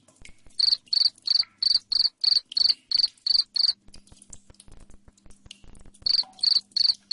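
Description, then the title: Cricket chirping in loud, sharp, high pulses, about ten in quick succession, then a pause of two seconds with faint ticking before the pulses resume. Loud cricket chirping ('ngerik') played to make lovebirds sing continuously ('ngekek'). "Suara JANGKRIK NGERIK Keras Bikin LOVEBIRD Jadi NGEKEK Terus Vubey"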